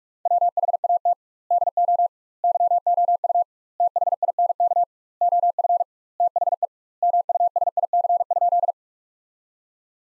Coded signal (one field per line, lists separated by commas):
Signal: Morse code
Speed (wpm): 41 wpm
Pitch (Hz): 700 Hz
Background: none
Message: WHAT DO YOU THINK OF THE MUSIC?